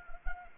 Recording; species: mosquito wingbeat signal from an infrared sensor; Anopheles arabiensis